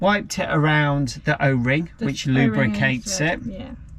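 Someone talks while handling a push-on tap spout for a motorhome tap body, after wiping washing-up liquid around its O-ring to lubricate it. Only speech is heard, with no sharp tick or other sudden sound. The spout has not been pushed home yet, and nothing has clicked into place.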